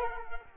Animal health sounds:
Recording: mosquito wingbeat signal from an infrared sensor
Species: Culex quinquefasciatus

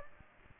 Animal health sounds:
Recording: mosquito wingbeat signal from an infrared sensor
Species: Aedes aegypti

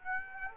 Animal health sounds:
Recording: mosquito wingbeat signal from an infrared sensor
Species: Aedes aegypti

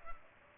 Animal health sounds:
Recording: mosquito wingbeat signal from an infrared sensor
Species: Culex pipiens

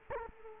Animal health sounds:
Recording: mosquito wingbeat signal from an infrared sensor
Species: Culex quinquefasciatus

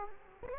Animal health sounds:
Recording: mosquito wingbeat signal from an infrared sensor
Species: Culex quinquefasciatus

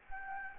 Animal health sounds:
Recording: mosquito wingbeat signal from an infrared sensor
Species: Anopheles gambiae

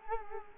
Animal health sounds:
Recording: mosquito wingbeat signal from an infrared sensor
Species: Culex quinquefasciatus

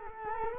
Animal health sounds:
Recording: mosquito wingbeat signal from an infrared sensor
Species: Culex quinquefasciatus

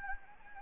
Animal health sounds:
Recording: mosquito wingbeat signal from an infrared sensor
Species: Anopheles gambiae

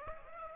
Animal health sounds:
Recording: mosquito wingbeat signal from an infrared sensor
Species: Aedes aegypti

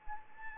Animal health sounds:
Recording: mosquito wingbeat signal from an infrared sensor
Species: Anopheles arabiensis

